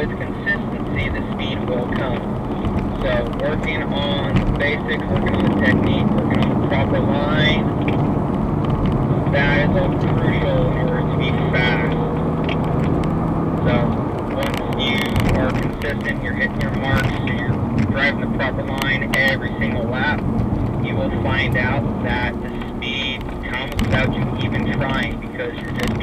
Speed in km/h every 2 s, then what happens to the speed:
84, 84, 76, 92, 90, 95, 92, 77, 66, 64, 69, 64, 58.
0-5 steady at about 84. 5-11 speeds up to 95. 11-16 brakes to 66. 20-26 slows to 58.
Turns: 0-8.